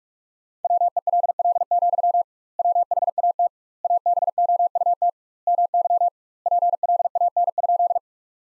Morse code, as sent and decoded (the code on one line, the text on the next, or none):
.-- . .-.. .-.. --..-- / .-- .... .- - / .- -... --- ..- - / -- -.-- / .--. .-.. .- -. ..--..
WELL, WHAT ABOUT MY PLAN?